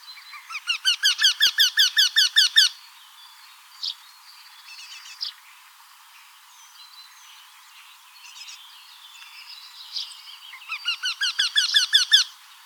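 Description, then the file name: Eurasian wryneck giving two series of several nasal, evenly repeated 'quee' notes, one at the start and one at the end, with faint bird calls between them. Recorded on 8 May 2013. "08 05 2013 Wendehals"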